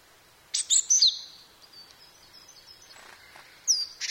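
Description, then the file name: Japanese tit calls: a quick cluster of high, sharp chirping notes, then a quiet gap with faint twitters, and another burst at the end. "shijukara"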